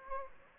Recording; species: mosquito wingbeat signal from an infrared sensor; Anopheles gambiae